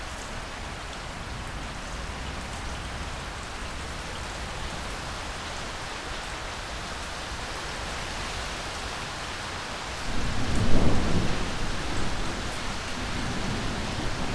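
Steady rain falls in a dense, even hiss across the whole stretch, with a soft patter on a surface underneath. Around ten seconds a low roll of thunder rises, swells briefly, then fades back under the rain.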